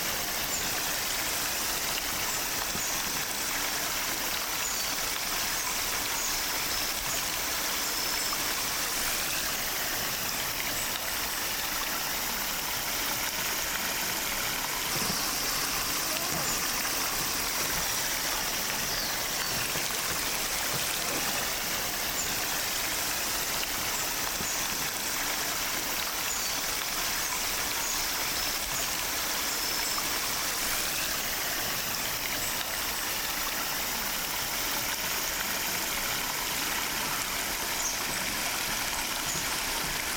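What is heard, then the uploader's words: Spring water wells up and flows steadily, a dense rushing hiss that holds at the same level for the whole forty seconds. The sound leans bright and airy, with only a thin low rumble underneath and no distinct events breaking through. 水源にて湧き続ける水の音 – The sound of spring water. 緑に囲まれた河のほとりで撮りました。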